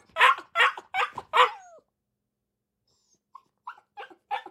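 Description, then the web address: Akita puppy yelping barks, four sharp high yaps in quick succession, a pause, then several softer, shorter yips. Akita puppy barking in a cage kennel. "Blastwave ANIMALS Dog Akita Puppy. dog akita puppy bark in cage kennel"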